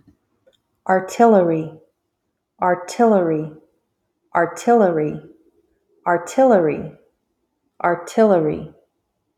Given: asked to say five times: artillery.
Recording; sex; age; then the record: repeated word; female; 40 to 49 years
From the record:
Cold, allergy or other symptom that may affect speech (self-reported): no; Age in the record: 43 years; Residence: Texas, United States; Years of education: 14